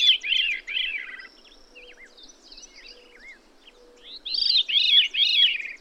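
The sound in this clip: Bird singing a quick phrase of descending arched notes, then faint whistles and chirps, then another loud phrase of three looping notes.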